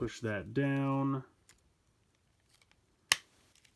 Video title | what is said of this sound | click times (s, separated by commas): Transformers Siege Generations Selects Target Exclusive Voyager Class Red Wing Review | we go your arm snap into place | 3.1 s